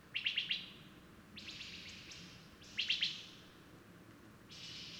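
Bird song with short bursts of quick high chirps separated by softer hissing phrases, fairly faint over a low background hum.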